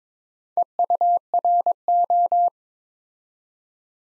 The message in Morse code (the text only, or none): EURO